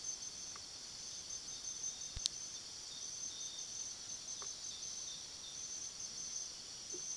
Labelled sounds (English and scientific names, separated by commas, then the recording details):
none
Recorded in pastures near Puerto Asís, Putumayo, Colombia, on 19 February 2024 at 01:00
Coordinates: 0.497, -76.327
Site G7276